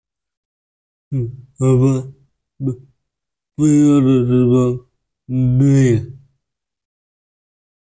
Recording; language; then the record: elicited speech; Bengali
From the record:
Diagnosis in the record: Broca's or global aphasia after a stroke